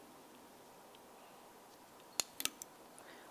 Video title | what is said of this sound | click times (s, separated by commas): How to Replace Fuel Injector 2010-2013 Ford Transit Connect | listen for a click from both sides | 2.2 s, 2.4 s